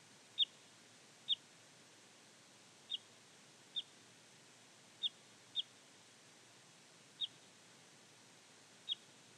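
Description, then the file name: Parrot crossbill calls: eight brief, sharp notes given one at a time at irregular intervals, with soft background hiss. "Jelmer Poelstra - Klyost-sosnovik Loxia pytyopsittacus (Zvyki com)"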